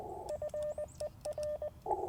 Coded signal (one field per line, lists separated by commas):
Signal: Morse code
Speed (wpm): 20 wpm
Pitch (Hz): 590 Hz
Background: radio noise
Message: FER